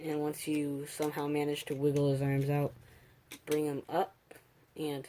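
Someone talks while handling a Transformers The Last Knight Deluxe Class Barricade plastic action figure, wiggling its arms out and moving a plastic limb joint during transformation. The joint has not clicked into place or seated yet.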